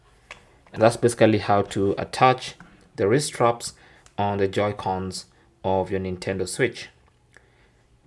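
The small plastic lock slider on a wrist strap attached to a Nintendo Switch Joy-Con controller is pushed to the locked position, giving a single sharp click at 0.3 s. Someone then talks for most of the clip, with a couple of faint ticks near the end. The strap is seated and locked.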